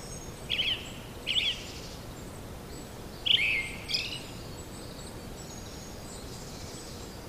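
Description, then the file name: Brown-headed thrush singing, two quick warbled phrases close together, then a louder falling phrase with a faint high ending, followed by quiet background hiss. "akahara"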